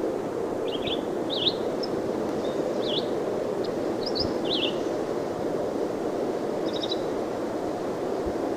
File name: Red-eyed Vireo